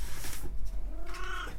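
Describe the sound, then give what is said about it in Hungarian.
A shedding pet cat, Obika, lets out a single short meow, its mid-pitched tone rising then falling, with no one speaking over it. “Cica, feküdj le szépen.”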